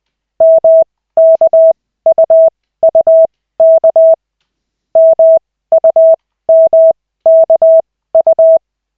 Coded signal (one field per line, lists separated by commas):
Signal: Morse code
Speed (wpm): 20 wpm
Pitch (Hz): 650 Hz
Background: none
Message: MKUUK MUMKU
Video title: Koch 2/40, 11.12.2024, 4th CW practice session